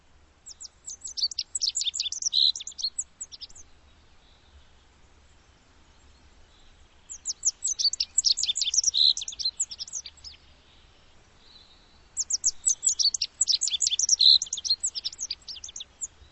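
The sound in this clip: Bird song in three bursts of rapid, high, thin twittering notes, each lasting a few seconds and separated by pauses, with faint low rumble beneath.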